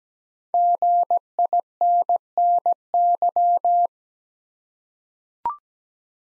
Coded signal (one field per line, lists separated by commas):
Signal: Morse code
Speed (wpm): 17 wpm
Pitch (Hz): 700 Hz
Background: none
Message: GINNY